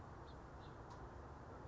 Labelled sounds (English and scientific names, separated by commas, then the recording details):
House Finch (Haemorhous mexicanus)
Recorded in Sonoma County, California